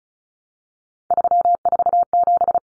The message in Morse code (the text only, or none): 347